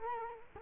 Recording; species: mosquito wingbeat signal from an infrared sensor; Culex quinquefasciatus